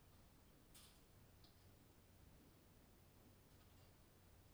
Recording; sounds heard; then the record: poultry house recording; no chicken sound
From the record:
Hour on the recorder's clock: 21